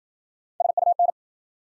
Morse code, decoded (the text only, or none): SUN